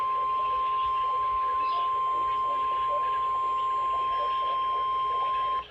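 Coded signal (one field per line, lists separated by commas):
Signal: Emergency Alert System (SAME) tones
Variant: 1050 Hz attention tone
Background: speech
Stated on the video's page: Required weekly tests at 11AM and 6PM, one of which failed.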